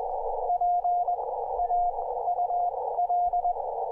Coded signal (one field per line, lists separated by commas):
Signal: Morse code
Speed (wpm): 20 wpm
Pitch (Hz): 710 Hz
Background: none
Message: PAUL